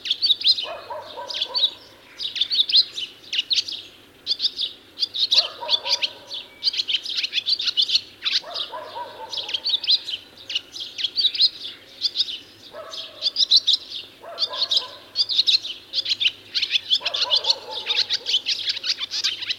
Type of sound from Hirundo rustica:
song